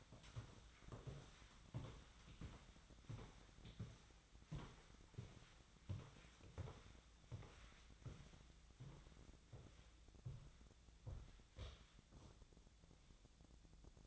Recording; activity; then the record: daily activity, microphone in the room; walk to room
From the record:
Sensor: 3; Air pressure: 1010.1 hPa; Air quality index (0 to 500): 180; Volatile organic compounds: 12 ppm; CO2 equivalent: 2352 ppm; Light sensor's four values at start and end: 42/103/45/48 and 41/103/44/48